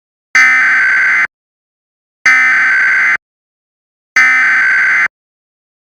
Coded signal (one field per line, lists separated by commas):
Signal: Emergency Alert System (SAME) tones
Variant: header bursts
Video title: EAS Mock 14: Cepstral William Test